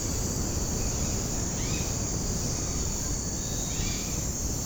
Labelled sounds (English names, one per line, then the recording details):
Orange-winged Amazon
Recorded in secondary vegetation near Puerto Asís, Putumayo, Colombia, on 20 February 2024 at 06:30
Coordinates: 0.489, -76.322
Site G6419